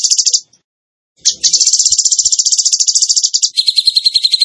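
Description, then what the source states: Bird song: rapid high trill, a short break, then a long steady chattering trill that drops into a lower buzzy rattle at the end. Masteran training recording in the tembakan gacor style.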